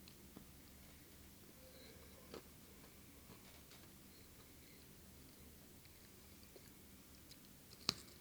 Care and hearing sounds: daily activity, guitar pickup as the sensor; eat

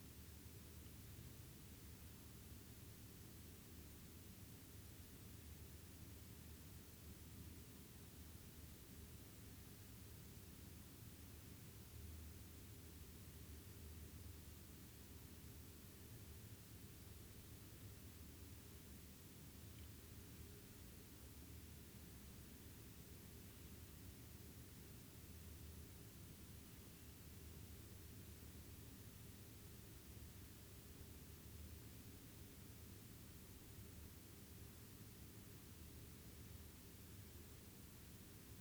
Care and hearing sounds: daily activity, guitar pickup as the sensor; sit

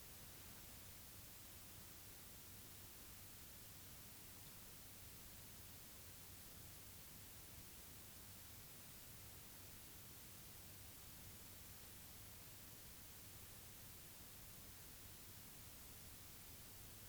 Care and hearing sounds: daily activity, guitar pickup as the sensor; stand

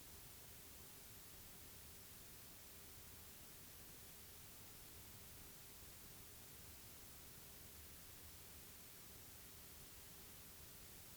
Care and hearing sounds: daily activity, guitar pickup as the sensor; sit

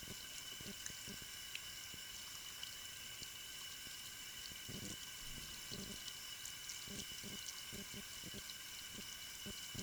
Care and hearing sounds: daily activity, guitar pickup as the sensor; wash hands

